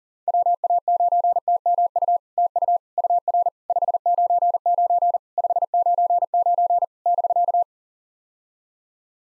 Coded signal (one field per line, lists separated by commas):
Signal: Morse code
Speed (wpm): 40 wpm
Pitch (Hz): 700 Hz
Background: none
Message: WA9TMU TU UR 599 599 <BK>